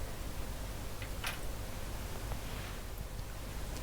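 The plastic outer cover of a repaired Sharp MZ80A keyboard keyswitch is handled over the plunger and spring before being pressed onto the switch body. Faint rustling and light handling ticks sit over a steady background hiss. Nothing has seated or snapped into place yet.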